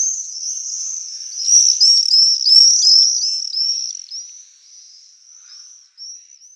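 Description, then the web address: Common swift screaming call: a shrill, very high, drawn-out buzzy scream with rapid wavering notes, swelling then fading over several seconds, with a brief final scream. "chant xeno-canto martinet noir"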